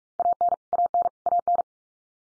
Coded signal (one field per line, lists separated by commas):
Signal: Morse code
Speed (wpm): 44 wpm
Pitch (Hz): 700 Hz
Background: none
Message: AN AN AN